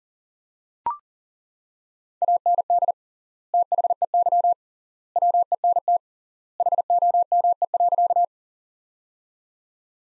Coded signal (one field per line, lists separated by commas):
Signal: Morse code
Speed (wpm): 40 wpm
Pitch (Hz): 700 Hz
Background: none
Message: AND THEY WENT HOME.